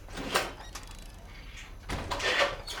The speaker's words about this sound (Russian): Она входит, закрывая за собой дверь.